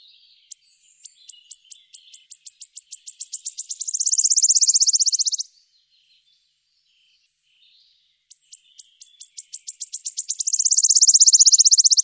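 Bird song heard twice: each phrase starts with spaced high clicks, accelerates and swells into a loud rapid trill, with a few seconds of silence between phrases.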